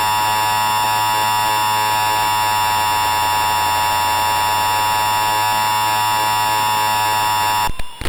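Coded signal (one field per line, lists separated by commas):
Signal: Emergency Alert System (SAME) tones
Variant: 853 and 960 Hz attention tone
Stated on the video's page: Fictional analog-horror EAS scenario.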